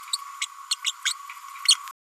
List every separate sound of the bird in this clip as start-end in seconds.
0.70-0.75, 0.84-0.92, 1.05-1.13